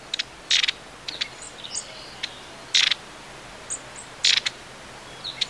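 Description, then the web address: Long-tailed tit giving short harsh buzzy bursts at irregular intervals, interspersed with faint high thin notes, over quiet background hiss. "Bird Song Site Tit, Long-tailed - Mesange (longue queue )"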